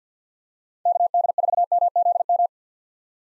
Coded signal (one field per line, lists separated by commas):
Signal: Morse code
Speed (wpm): 50 wpm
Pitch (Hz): 700 Hz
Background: none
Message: KD4MZM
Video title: 2023 POTA Activator Call Signs - 50wpm